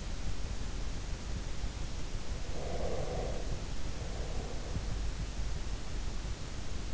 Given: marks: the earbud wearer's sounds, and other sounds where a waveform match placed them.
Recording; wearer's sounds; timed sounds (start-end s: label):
sounds in sleep by an in-ear microphone; breath
2.27-5.00 s: breath